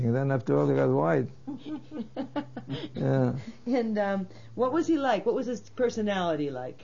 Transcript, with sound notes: Then after a while it got white. Yeah.
( she laughs ) And what was he like? What was his personality like?